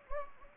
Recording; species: mosquito wingbeat signal from an infrared sensor; Anopheles gambiae